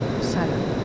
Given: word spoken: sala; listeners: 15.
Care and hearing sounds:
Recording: one Spanish word in noise, from a listening test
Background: speech-shaped noise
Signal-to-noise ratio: -5.0 dB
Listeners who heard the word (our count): 3 of 15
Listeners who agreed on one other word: 7 of 15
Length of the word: 0.44 s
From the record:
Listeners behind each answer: 7, 3, 1, 1, 1, 1, 1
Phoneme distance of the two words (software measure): 7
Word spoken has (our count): 2 syllables, 4 phonemes, stress on syllable 1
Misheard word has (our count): 1 syllable, 3 phonemes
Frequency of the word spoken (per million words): 108.31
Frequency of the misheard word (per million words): 79.15

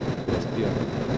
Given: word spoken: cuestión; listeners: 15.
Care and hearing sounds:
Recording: one Spanish word in noise, from a listening test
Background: noise modulated by three-talker babble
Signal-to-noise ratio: -4.9 dB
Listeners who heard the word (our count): 3 of 15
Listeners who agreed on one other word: 8 of 15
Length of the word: 0.78 s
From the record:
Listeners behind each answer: 8, 3, 1, 1, 1, 1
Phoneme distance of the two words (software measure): 17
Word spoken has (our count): 2 syllables, 8 phonemes, stress on syllable 2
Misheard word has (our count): 2 syllables, 7 phonemes, stress on syllable 2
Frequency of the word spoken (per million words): 109.24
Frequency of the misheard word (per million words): 84.07

